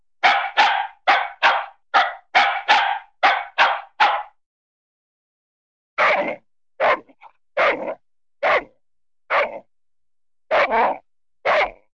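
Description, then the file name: Small dog barking: a quick burst of about twelve sharp, high barks, a pause, then about seven more barks spaced roughly a second apart. "Dog Small Dog Barks Animal"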